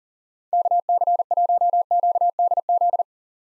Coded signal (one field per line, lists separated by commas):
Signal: Morse code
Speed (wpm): 40 wpm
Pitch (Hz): 700 Hz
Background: none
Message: KC1QDZ